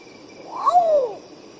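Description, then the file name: Long-tailed potoo: one haunting two-part whistle, a short high start then a smooth downward-sweeping tail, over a steady high background hum of insects. "canto do urutau pardo"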